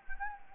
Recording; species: mosquito wingbeat signal from an infrared sensor; Anopheles gambiae